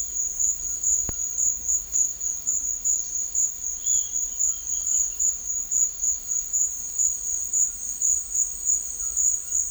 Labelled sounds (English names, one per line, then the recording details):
none
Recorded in secondary vegetation near Puerto Asís, Putumayo, Colombia, on 12 March 2025 at 13:00
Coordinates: 0.499, -76.323
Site G094